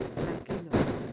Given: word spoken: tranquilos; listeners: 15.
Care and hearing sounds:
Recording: one Spanish word in noise, from a listening test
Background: noise modulated by one talker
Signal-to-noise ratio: -11.0 dB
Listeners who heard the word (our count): 4 of 15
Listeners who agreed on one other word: 11 of 15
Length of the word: 0.73 s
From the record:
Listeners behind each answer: 11, 4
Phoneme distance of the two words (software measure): 7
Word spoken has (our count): 3 syllables, 9 phonemes, stress on syllable 2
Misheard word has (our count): 3 syllables, 8 phonemes, stress on syllable 2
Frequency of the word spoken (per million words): 8.08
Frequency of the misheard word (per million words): 30.02

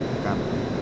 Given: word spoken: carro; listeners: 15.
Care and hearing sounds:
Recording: one Spanish word in noise, from a listening test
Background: speech-shaped noise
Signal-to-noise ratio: -5.8 dB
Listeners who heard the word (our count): 0 of 15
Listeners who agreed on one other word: 7 of 15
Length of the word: 0.42 s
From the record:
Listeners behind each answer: 7, 4, 1, 1, 1, 1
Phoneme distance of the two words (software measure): 20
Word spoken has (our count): 2 syllables, 4 phonemes, stress on syllable 1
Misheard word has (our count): 2 syllables, 4 phonemes, stress on syllable 1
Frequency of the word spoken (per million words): 19.12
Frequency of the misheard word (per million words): 100.47

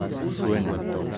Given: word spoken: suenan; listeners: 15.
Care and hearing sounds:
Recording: one Spanish word in noise, from a listening test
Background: eight-talker babble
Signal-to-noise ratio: -1.5 dB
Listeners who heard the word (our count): 0 of 15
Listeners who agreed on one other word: 9 of 15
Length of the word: 0.78 s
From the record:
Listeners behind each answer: 9, 3, 2, 1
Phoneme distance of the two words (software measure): 7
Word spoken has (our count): 2 syllables, 6 phonemes, stress on syllable 1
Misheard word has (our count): 2 syllables, 5 phonemes, stress on syllable 1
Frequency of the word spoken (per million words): 5.18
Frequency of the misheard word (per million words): 21.54

